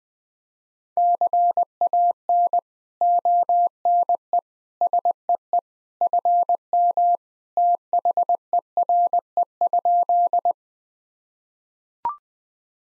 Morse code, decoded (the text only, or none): CAN ONE SEE FM THERE?